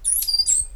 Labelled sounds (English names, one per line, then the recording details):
Stitchbird song
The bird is a male
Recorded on Tiritiri Matangi Island, New Zealand, in 2005
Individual 8, of nest box 10